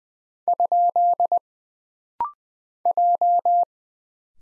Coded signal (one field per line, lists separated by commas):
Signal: Morse code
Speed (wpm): 20 wpm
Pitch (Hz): 700 Hz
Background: none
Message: ? J